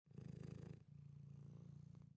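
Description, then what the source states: Domestic cat purring, a low rumbling vibration with a brief break, then a steady continuous purr. Single cat purr.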